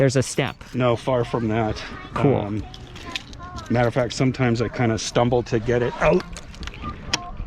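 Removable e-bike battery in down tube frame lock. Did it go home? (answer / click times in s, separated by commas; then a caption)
released / 7.1 s. A key is turned in the frame lock of the removable down-tube battery on a Giant Stance E+ 2 e-bike while people talk. At 7.1 s a sharp click is heard as the battery drops onto its safety catch for the first release, before a tab is pulled to remove it fully.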